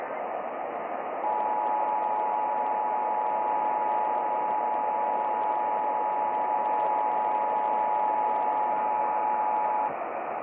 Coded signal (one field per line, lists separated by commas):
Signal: Emergency Alert System (SAME) tones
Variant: 853 and 960 Hz attention tone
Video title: [EAS #2815] San Luis Obispo Required Monthly Test via KHPY (Confirmed Unfiltered IPAWS RMT Station)